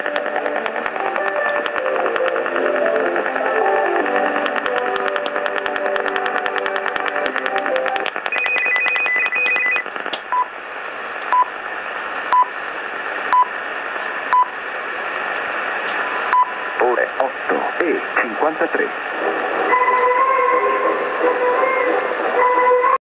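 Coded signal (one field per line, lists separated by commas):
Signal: radio time signal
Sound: short one-second pips near 1 kHz for several seconds amid music-like tones and static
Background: radio static, music-like interference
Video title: 07.09 2012 Italian time signal stn 0653 on 10MHz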